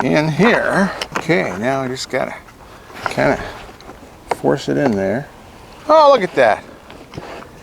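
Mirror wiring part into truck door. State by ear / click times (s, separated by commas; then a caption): seated / 6.9 s, 7.1 s. A mirror wiring part with an extra pigtail wire is pushed into place in a Ford F-150 truck door while someone talks. It snaps into place with two sharp snaps at 6.9 and 7.1 seconds.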